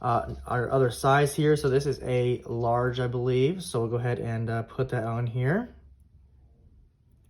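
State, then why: Not seated. A large silicone ear tip is lined up and worked onto the nozzle of a Pixel Buds A-Series earbud while someone talks for most of the clip. No distinct handling sounds stand out over the speech, and the tip has not clicked into place yet when the clip ends in quiet.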